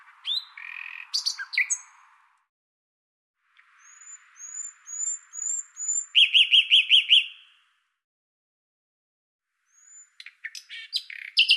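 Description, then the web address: Common nightingale singing varied phrases: scratchy notes, then a slow series of high whistles followed by a loud burst of fast repeated notes, with pauses between. "Deverinetal 2025"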